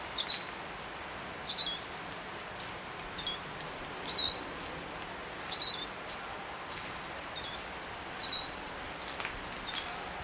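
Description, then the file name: European goldfinch giving several short, high twittering call notes at irregular intervals over steady background hiss. "Carduelis carduelis"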